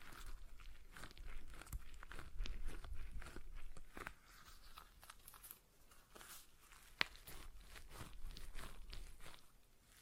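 A stress ball is squeezed and released over and over, making soft squishing and crackling rustles at an uneven, fairly quick pace. The squeezes are busiest in the first four seconds, and a single sharp click stands out near the seven-second mark.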